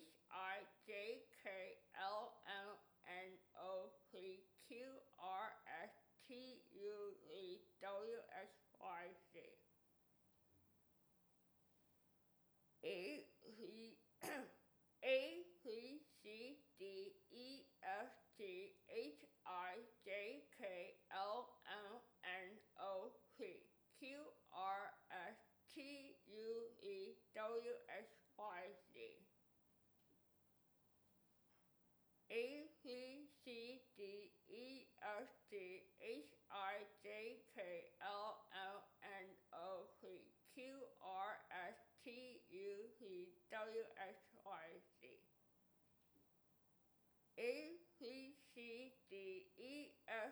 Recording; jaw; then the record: letters of the alphabet, spoken; constrained by a bite bar between the teeth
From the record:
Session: first day, right after the free take